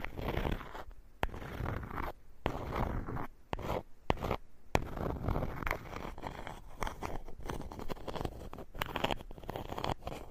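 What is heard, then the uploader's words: Wood scrapes in rough, grinding strokes, full and low with a gritty rasp above. In the first five seconds the strokes come in bursts separated by short silences, with sharp clicks near one and five seconds; afterward the scraping runs more continuously. This episode is Wood Scraping.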